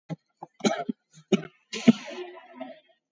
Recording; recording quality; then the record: shallow voluntary cough; excellent, no background noise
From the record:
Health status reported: exposed to COVID-19, no respiratory illness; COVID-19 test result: negative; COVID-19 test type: RT-PCR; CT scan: taken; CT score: 8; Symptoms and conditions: cough, cold, breathing difficulty, sore throat, fatigue, loss of smell and taste, diarrhoea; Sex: female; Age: 38 years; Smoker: no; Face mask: worn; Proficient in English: yes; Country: India